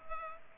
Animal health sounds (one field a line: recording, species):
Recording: mosquito wingbeat signal from an infrared sensor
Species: Culex pipiens